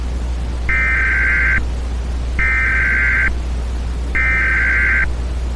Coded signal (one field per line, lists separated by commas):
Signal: Emergency Alert System (SAME) tones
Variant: header bursts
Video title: The Thanksgiving Virus - EAS Scenario